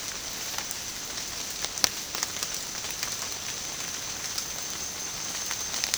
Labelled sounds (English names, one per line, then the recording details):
none
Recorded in secondary vegetation near Puerto Asís, Putumayo, Colombia, on 25 June 2025 at 14:00
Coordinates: 0.484, -76.319
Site G074